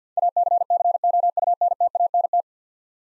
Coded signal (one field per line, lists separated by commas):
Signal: Morse code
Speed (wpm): 50 wpm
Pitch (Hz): 700 Hz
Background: none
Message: ACCOUNTANT